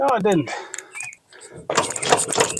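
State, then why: Seated. Someone talks briefly, then a burst of metallic knocking and rattling begins at about 1.7 s as the inner spline of a CV axle on a 2011–2017 Honda Odyssey is pushed into the transmission differential. Sharp clicks at 2.3 s and 2.6 s mark the axle's retaining clip locking home, with the axle bottoming out and feeling very solid instead of hollow. A pull test confirms it is locked in place.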